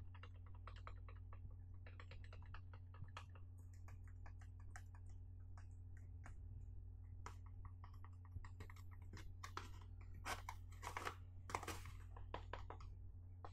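Light, quick taps on a box click irregularly throughout, growing sharper and denser near the end, over a steady low hum.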